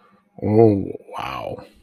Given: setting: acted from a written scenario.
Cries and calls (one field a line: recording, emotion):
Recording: vocal sound without words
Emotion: awe